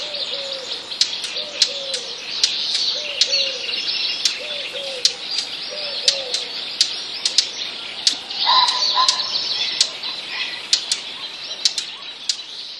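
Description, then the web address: Eurasian collared dove cooing in steady repeated phrases for about six seconds, then falling silent while constant chirping and twittering of other birds continue. Recorded in a village. "wroblowe kolekcja sierpowkiwewsi"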